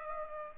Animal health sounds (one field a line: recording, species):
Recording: mosquito wingbeat signal from an infrared sensor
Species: Culex pipiens